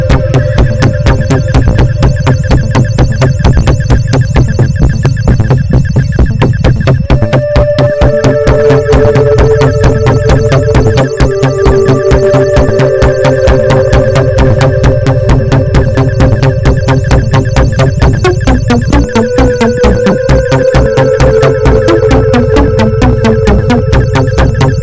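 A dense, steady mix of environmental sounds with a low rumble, rapid hard blips throughout, and wavering tones gliding in and out from about seven seconds.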